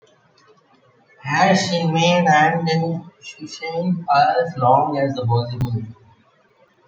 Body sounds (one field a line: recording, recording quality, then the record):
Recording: sustained vowel as in made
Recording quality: poor, much background noise or distortion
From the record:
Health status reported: COVID-19 positive, mild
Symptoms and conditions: cold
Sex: female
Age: 33 years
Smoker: not ticked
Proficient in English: no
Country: India